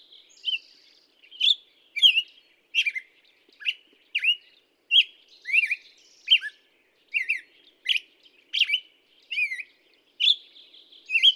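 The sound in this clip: Black-headed Grosbeak song: rich whistled phrases with swooping notes, sung steadily with brief pauses.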